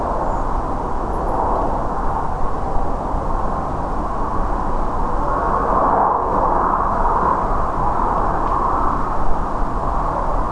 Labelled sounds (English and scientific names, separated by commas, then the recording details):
Redwing (Turdus iliacus)
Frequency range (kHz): Redwing (Turdus iliacus) 6.4-7.7 kHz
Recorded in France